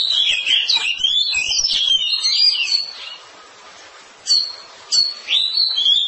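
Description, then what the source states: Oriental magpie-robin song: a dense stream of loud, sweet warbled whistles, then a quieter pause with a few sharp notes before the melody returns. Long-duration song.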